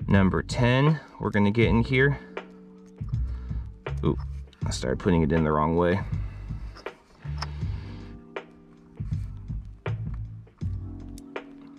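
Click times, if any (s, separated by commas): 9.9 s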